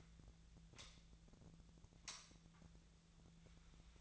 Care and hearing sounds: daily activity, microphone in the room; light on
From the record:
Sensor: 3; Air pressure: 1009.7 hPa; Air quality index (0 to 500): 190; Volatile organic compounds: 14 ppm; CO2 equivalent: 2471 ppm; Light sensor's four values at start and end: 39/97/41/44 and 45/119/50/51

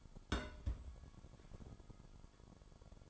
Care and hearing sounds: daily activity, microphone in the room; place on stove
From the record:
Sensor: 5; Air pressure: 1008.1 hPa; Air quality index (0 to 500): 111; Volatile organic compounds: 1 ppm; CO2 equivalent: 860 ppm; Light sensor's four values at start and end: 27/60/25/25 and 28/61/25/25

